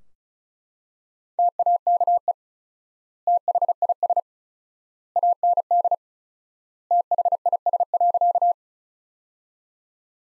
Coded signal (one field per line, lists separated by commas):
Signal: Morse code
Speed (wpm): 34 wpm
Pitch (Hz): 700 Hz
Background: none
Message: TAKE THIS AND THIS.